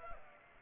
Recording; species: mosquito wingbeat signal from an infrared sensor; Culex pipiens